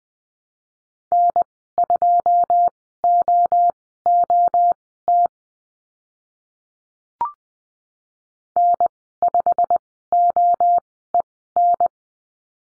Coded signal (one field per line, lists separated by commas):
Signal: Morse code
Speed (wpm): 20 wpm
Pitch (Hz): 700 Hz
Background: none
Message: N2OOT N5OEN